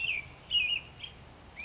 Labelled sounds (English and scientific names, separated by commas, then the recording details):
American Robin (Turdus migratorius)
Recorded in Sonoma County, California